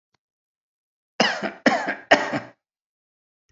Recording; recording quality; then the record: shallow voluntary cough; excellent, no background noise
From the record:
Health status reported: healthy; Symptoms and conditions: diabetes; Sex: male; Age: 54 years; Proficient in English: yes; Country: India